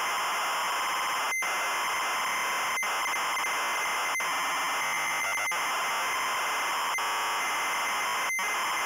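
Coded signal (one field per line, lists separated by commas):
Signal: ZX Spectrum tape loading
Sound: continuous harsh buzzing data screech with a whine, briefly cut about every 1.4 seconds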